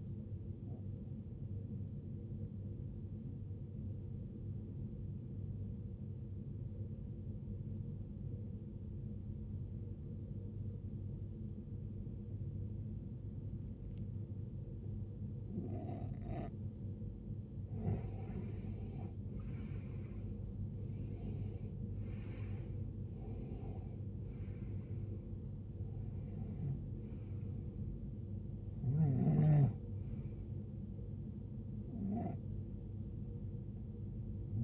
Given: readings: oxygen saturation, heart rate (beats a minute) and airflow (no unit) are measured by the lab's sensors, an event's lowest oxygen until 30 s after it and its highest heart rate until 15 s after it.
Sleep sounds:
breathing in sleep by a smartphone at the bedside; 1
3.00-16.50 s: obstructive apnea (N1, oxygen 95% highest, then 89% lowest, heart rate 67 at the start, 75 highest)
From the record:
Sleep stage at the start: N1 (lightest sleep); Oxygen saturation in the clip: 89 to 95%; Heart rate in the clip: 57 to 75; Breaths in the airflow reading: 5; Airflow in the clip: -18.2 to 16.7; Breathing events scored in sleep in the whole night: 389 in 6.3 hours asleep

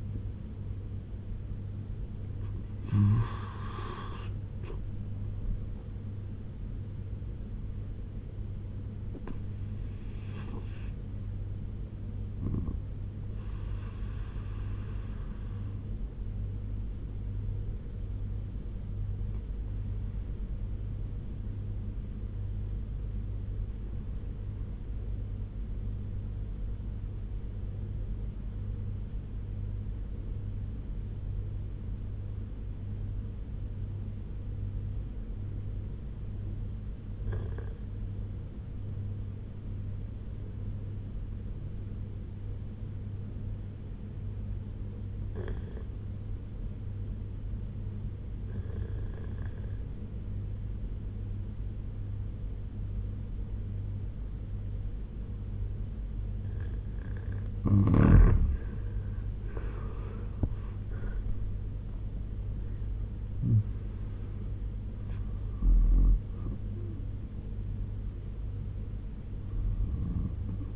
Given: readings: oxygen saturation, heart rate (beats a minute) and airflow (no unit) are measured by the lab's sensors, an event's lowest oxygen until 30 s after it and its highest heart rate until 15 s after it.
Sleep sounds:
breathing in sleep by a smartphone at the bedside; 1
8.00-70.76 s: new sleep stage, N2 (light sleep)
13.00-56.80 s: obstructive apnea (N2, oxygen 96% highest, then 82% lowest, heart rate 78 at the start, 92 highest)
From the record:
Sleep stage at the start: N1 (lightest sleep); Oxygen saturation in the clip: 83 to 96%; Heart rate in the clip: 68 to 92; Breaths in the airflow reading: 7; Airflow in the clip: -12.0 to 12.0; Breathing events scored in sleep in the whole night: 201 in 6.5 hours asleep

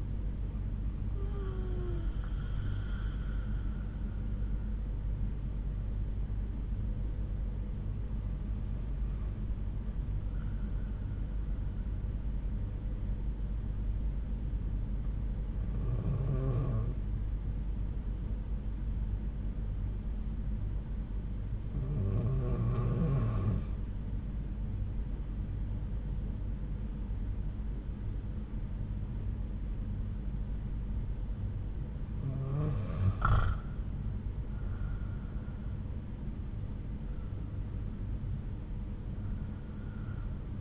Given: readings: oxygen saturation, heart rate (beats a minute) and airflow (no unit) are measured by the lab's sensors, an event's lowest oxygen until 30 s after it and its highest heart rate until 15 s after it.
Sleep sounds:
breathing in sleep by a smartphone at the bedside; 1
14.00-31.40 s: hypopnea (N1, oxygen 95% highest, then 91% lowest)
From the record:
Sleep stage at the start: N1 (lightest sleep); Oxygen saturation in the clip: 92 to 95%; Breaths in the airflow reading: 7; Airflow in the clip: -6.3 to 8.7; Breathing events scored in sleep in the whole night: 368 in 8.0 hours asleep

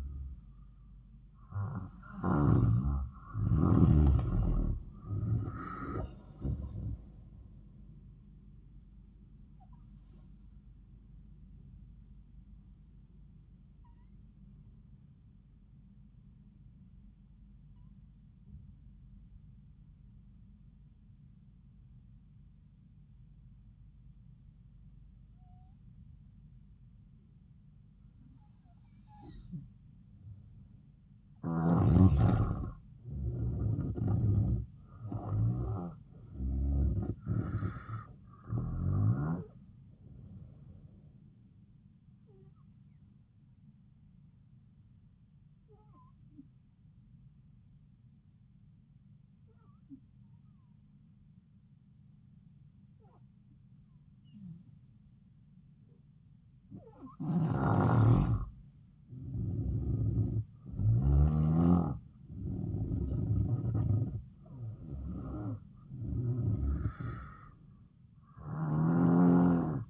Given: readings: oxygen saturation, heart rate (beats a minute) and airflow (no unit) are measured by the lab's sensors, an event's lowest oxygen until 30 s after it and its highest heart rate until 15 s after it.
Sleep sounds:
breathing in sleep by a smartphone at the bedside; 2
12.00-42.00 s: new sleep stage, N3 (deep sleep)
17.00-36.10 s: hypopnea (N3, oxygen 96% highest, then 90% lowest, heart rate 68 at the start, 80 highest)
42.00-69.90 s: new sleep stage, N2 (light sleep)
45.00-60.80 s: hypopnea (N2, oxygen 95% highest, then 90% lowest, heart rate 74 at the start, 76 highest)
From the record:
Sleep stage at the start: N2 (light sleep); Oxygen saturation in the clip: 90 to 96%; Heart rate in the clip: 68 to 80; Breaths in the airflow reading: 13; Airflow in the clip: -8.3 to 9.2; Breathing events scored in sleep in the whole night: 270 in 6.1 hours asleep

